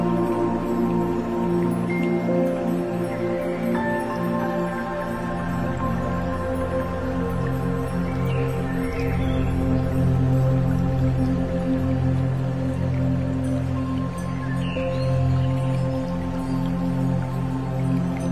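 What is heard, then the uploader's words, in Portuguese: Tibetan bells ring in long, steady overlapping tones over a soft trickling stream, with a few brief bird chirps near the beginning, middle and end. Sinos Tibetanos e Sons da Natureza. Som de riacho, pássaros, sinos e sons da floresta.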